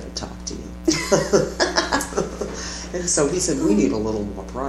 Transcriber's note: laughter